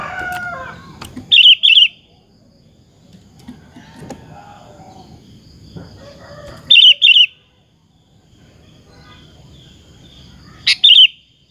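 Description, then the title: Sooty-headed bulbul song: three brief bubbly whistled phrases spaced several seconds apart, with low background noise and some faint other sounds. "Kutilang"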